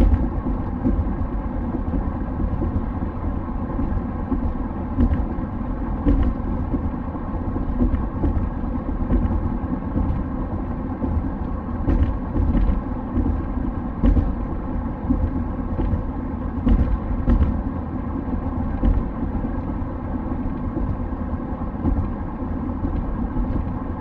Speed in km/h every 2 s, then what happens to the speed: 86, 85, 86, 86, 85, 86, 86, 86, 86, 86, 86, 86.
0-24 steady at about 86.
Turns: none.